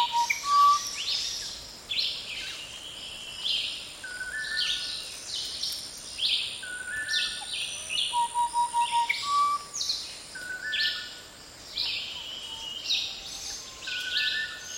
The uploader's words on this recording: Dry Jungle Nosara. A rufous-and-white wren with his beautiful call, long tailed manakins with others in a dry jungle. Habitat: dry jungle VoxType: midday. Recorder: SD 702 Mics: Sennheiser mkh 40/30. Microphone pattern: MS stereo.